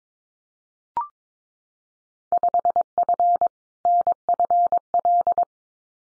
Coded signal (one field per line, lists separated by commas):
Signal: Morse code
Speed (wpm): 22 wpm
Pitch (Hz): 700 Hz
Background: none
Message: 5F NFL